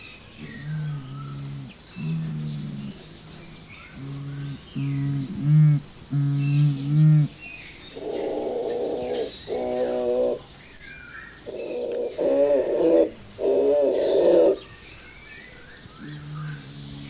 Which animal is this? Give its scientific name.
Crax fasciolata